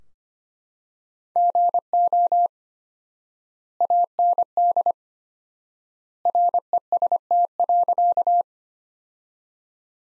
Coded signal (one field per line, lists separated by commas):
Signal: Morse code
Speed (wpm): 25 wpm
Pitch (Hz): 700 Hz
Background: none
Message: GO AND REST.